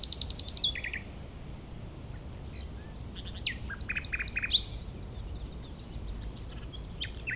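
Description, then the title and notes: Common nightingale song with a high rattling opening, short whistles and a cluster of sharp chirped notes mid-phrase, wind rumbling in the background. Chindrieux, France; breeding season in full swing; sunny day; fairly strong west wind; singer hidden in scrub; Zoom H4n Pro on the ground in a small valley, away from motorbike traffic. "Chindrieux, France - Rossignol. La saison des rossignols bat son plein"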